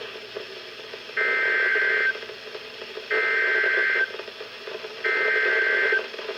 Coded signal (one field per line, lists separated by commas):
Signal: Emergency Alert System (SAME) tones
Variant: header bursts